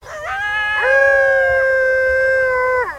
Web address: Nestle Animal Planet Land. COYOTE